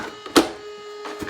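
The plastic body shell of a Traxxas Maxx RC truck, fitted with an LED kit, is pressed down onto the chassis mounts. A faint tap is followed by a loud, sharp snap at 0.4 s as the body clips into place, and then a softer knock near the end. A steady low hum runs underneath throughout.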